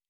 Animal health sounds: hydrophone in a shrimp aquaculture tank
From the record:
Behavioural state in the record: normal

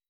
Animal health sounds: hydrophone in a shrimp aquaculture tank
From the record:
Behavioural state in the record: weakened

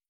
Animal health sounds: hydrophone in a shrimp aquaculture tank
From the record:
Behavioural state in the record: starved

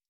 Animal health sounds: hydrophone in a shrimp aquaculture tank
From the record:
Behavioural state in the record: stressed

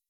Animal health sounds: hydrophone in a shrimp aquaculture tank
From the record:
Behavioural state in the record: weakened

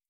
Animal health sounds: hydrophone in a shrimp aquaculture tank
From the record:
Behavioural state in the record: starved

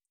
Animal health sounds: hydrophone in a shrimp aquaculture tank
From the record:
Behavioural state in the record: feeding

